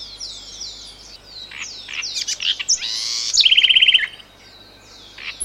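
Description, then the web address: Bird calls, a dense chorus of chirps and slurred whistles with one bright, rapid trill partway through, and several birds calling at once. "hangok allatok madar bbc"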